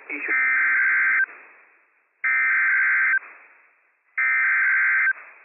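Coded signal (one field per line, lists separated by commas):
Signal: Emergency Alert System (SAME) tones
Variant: header bursts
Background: speech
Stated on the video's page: Severe Thunderstorm Warning from the National Weather Service, received from a weather radio station's stream with full attention tones after an echo-cancellation fault was fixed.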